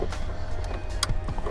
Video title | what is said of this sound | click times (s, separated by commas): Your Factory Speakers Aren't The Problem. Try This! | and push that all the way in. Make sure you hear a click. | 1.0 s